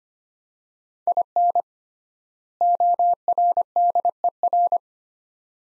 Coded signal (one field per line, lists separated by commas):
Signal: Morse code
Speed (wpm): 25 wpm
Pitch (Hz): 700 Hz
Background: none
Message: IN ORDER